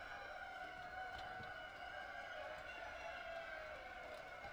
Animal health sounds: poultry house recording; healthy chickens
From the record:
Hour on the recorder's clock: 1

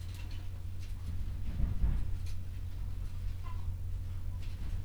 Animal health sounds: poultry house recording; healthy chickens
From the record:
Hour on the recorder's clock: 21

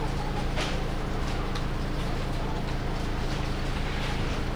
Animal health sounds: poultry house recording; healthy chickens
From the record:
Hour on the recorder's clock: 1

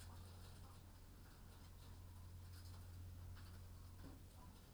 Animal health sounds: poultry house recording; sick chickens (respiratory disease)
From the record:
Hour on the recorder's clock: 22

